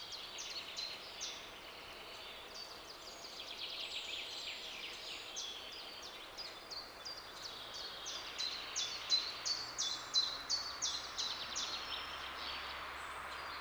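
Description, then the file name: Eurasian blackcap song, a faint, fast run of high chattering and warbling notes, a little louder in its later part, over steady background hiss. "Sylvia atricapilla"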